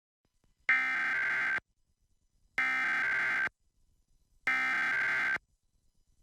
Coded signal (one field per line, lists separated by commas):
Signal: Emergency Alert System (SAME) tones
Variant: header bursts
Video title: Various Emergency Alert System (EAS) Tests - Week of 9/13/2021